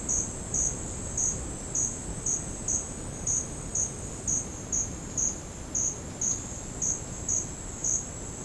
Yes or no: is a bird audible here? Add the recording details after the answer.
no. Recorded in secondary vegetation near Puerto Asís, Putumayo, Colombia, on 8 March 2025 at 11:00. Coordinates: 0.481, -76.318. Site G097